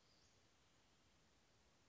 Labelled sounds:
Western Flycatcher (Empidonax difficilis)

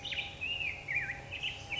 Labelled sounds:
Black-headed Grosbeak (Pheucticus melanocephalus)

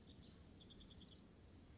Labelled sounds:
House Wren (Troglodytes aedon)

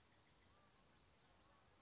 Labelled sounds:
Chestnut-backed Chickadee (Poecile rufescens)

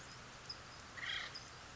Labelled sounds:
Acorn Woodpecker (Melanerpes formicivorus)

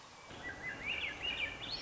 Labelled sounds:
Swainson's Thrush (Catharus ustulatus)

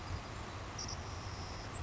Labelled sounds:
Savannah Sparrow (Passerculus sandwichensis)

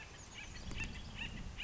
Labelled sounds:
Acorn Woodpecker (Melanerpes formicivorus)

